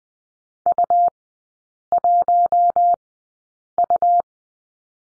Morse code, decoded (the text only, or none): U1U